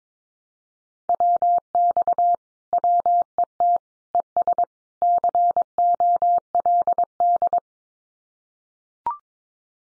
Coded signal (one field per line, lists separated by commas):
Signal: Morse code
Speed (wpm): 22 wpm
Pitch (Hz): 700 Hz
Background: none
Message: WX WET ES COLD